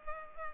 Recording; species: mosquito wingbeat signal from an infrared sensor; Culex pipiens